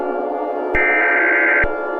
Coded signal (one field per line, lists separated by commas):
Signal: Emergency Alert System (SAME) tones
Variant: header bursts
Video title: TWISTERWORK: An EAS Scenario